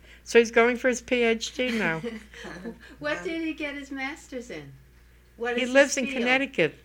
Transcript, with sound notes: So he's going for his PhD now. [They laugh]
What did he get his Master's in?
Well, he lives in Connecticut.